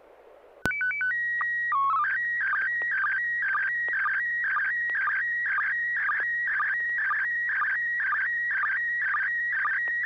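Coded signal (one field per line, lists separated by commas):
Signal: SSTV (slow-scan television)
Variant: PD 120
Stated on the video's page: SSTV net transmissions relayed over a 441.30 MHz FM amateur repeater in Sacramento, sent using MMSSTV software.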